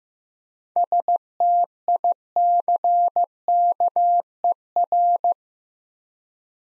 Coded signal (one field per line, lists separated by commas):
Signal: Morse code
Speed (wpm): 15 wpm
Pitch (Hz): 700 Hz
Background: none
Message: STICKER